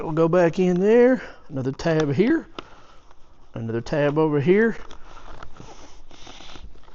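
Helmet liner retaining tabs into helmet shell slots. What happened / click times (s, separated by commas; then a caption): The plastic liner tabs snapped back into their slots / 5.4 s. Plastic retaining tabs on the interior liner piece of an LS2 Advant X motorcycle helmet are pressed back into their slots in the helmet shell after a Cardo intercom install. Someone talks, then faint handling rustles follow, and a sharp snap at 5.4 s marks the tabs seating back in.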